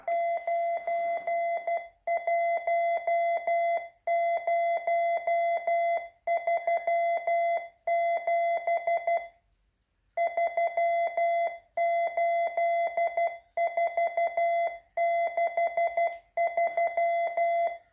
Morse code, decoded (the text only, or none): 91037 38463